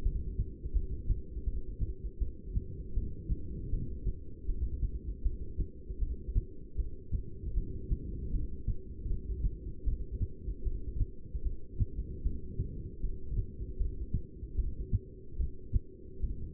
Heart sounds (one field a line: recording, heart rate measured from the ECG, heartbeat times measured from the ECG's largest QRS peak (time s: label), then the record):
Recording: heart sounds by stethoscope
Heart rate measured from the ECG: 78 bpm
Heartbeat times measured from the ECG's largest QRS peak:
0.04 s: heartbeat
0.74 s: heartbeat
1.46 s: heartbeat
2.20 s: heartbeat
2.95 s: heartbeat
3.72 s: heartbeat
4.47 s: heartbeat
5.24 s: heartbeat
6.00 s: heartbeat
6.78 s: heartbeat
7.55 s: heartbeat
8.33 s: heartbeat
9.09 s: heartbeat
9.86 s: heartbeat
10.65 s: heartbeat
11.44 s: heartbeat
12.24 s: heartbeat
13.02 s: heartbeat
13.79 s: heartbeat
14.57 s: heartbeat
15.38 s: heartbeat
16.22 s: heartbeat
From the record:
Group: heart failure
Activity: rest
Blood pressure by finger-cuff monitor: 174/111 mmHg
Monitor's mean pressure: 134 mmHg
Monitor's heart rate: 79 bpm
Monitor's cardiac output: 8.2 L/min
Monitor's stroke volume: 103 mL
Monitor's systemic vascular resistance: 1280 dyn s/cm5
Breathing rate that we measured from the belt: 13 breaths a minute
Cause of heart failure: non-ischemic cardiomyopathy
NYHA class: 1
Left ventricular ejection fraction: 62%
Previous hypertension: present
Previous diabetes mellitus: present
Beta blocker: bisoprolol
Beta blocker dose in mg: 10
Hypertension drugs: sacubitril-valsartan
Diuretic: furosemide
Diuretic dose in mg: 20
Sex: male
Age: 49 years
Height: 167 cm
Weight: 110 kg